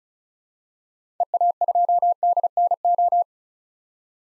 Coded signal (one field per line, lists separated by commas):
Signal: Morse code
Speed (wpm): 36 wpm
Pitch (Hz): 700 Hz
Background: none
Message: EA2DNO